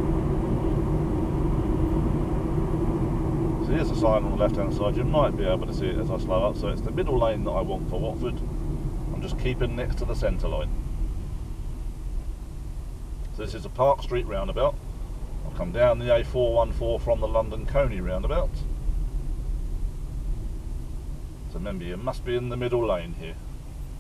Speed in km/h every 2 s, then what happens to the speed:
66, 50, 37, 29, 19, 15, 15, 18, 19, 16, 13, 8.
0-10 brakes to 15. 10-16 steady at about 15. 16-24 slows to 8.